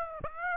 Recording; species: mosquito wingbeat signal from an infrared sensor; Aedes aegypti